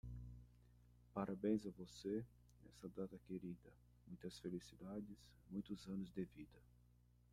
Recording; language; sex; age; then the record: short text; Brazilian Portuguese; male; 40 to 49 years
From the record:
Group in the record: control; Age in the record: 46 years